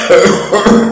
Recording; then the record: coughing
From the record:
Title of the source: Wet Throat Infection Cough